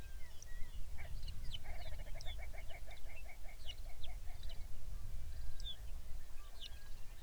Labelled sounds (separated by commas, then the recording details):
songbird, grouse or ptarmigan, loon
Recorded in the Arctic National Wildlife Refuge, Alaska, on 23 May 2019 at 05:04
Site 49